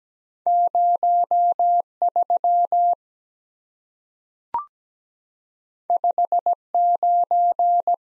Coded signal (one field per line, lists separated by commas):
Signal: Morse code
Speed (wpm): 17 wpm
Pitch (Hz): 700 Hz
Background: none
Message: 03 59